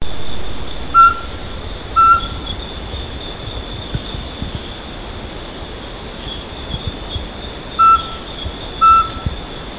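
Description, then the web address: Mountain scops owl giving clear whistled single notes in pairs, about a second apart, then a pause and another pair, over a steady high insect drone. Recorded at Bukit Ular on Mount Kinabalu, 13 August 2009. "MTKINABALUBUKITULAR. mountain scops owl"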